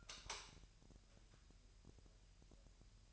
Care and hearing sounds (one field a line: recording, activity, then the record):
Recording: daily activity, microphone in the room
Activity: light on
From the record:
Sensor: 2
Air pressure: 1001.7 hPa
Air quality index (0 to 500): 248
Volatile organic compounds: 36 ppm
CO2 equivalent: 3080 ppm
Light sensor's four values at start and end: 4/9/4/4 and 9/26/10/10